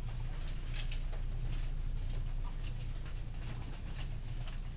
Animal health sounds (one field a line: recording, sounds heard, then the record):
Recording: poultry house recording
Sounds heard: healthy chickens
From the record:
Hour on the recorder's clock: 19